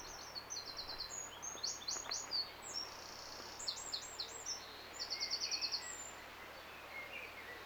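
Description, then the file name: Eurasian wren song: fast, high-pitched trills and chattering notes in quick succession, with soft background noise. "Troglodytes troglodytes"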